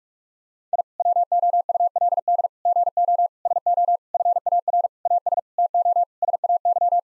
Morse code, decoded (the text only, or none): I WOULD GO SO FAR AS TO SAY